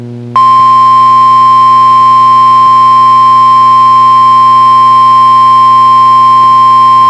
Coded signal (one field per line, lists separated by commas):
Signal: Emergency Alert System (SAME) tones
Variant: 1050 Hz attention tone